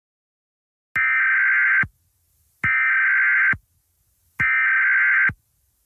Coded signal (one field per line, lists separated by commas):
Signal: Emergency Alert System (SAME) tones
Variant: header bursts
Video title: EAS Scenario 7|| Tornado Emergency 1 : The Tulsa Incident